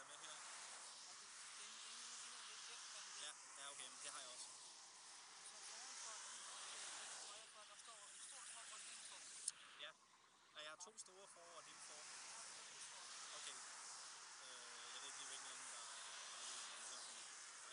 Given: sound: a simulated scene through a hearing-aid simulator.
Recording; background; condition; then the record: conversation; traffic; -4 dB SNR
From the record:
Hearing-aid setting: III (slow-acting compression, loudness normalization, advanced features for about 2.5 dB of SNR improvement); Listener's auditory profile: C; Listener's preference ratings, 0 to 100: 31, 17, 13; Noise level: 75 dB SPL